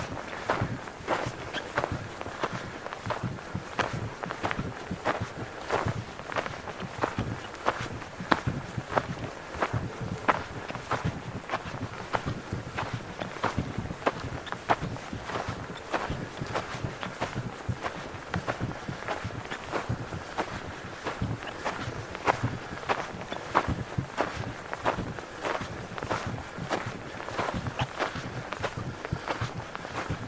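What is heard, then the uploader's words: Footsteps crunch through snow on Parnassos mountain in Greece, a steady walking rhythm of roughly two steps per second that holds for the full thirty seconds. Each step is a dry, gritty crunch. Faint hiss fills the gaps between steps. Snow walk in Parnassos mt, Greece. Walking in snow at Parnassos mountain.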